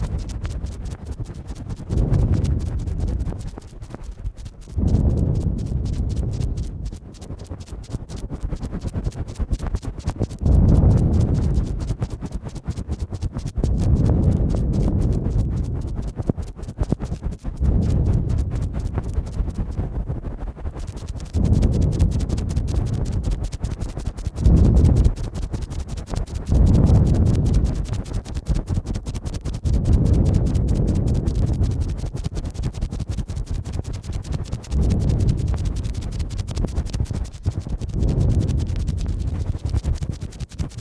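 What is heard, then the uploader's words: Ear cleaning with rapid, dense scratching and rubbing, fast and irregular throughout. Low rumbling swells rise and fall every few seconds, with crisp crackles layered on top. Around twenty seconds there's a brief drop in the brighter scratching. ASMR Strong Fast Ear Cleaning Collection (No Talking).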